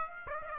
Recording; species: mosquito wingbeat signal from an infrared sensor; Aedes aegypti